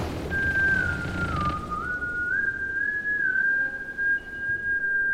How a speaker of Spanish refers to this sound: De repente, un silbido rompió el silencio. Era Williams asomándose por la borda.